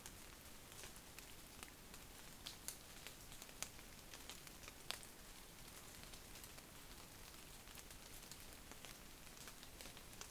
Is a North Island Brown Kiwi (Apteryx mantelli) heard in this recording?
no